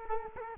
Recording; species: mosquito wingbeat signal from an infrared sensor; Culex quinquefasciatus